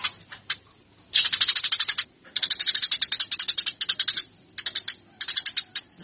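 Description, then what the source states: Eurasian tree sparrow song, isolated chirps then long runs of rapid rasping notes, ending in short broken bursts. Fighting-style (tarung) song.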